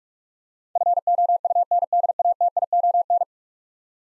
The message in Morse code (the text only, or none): FOUNDATION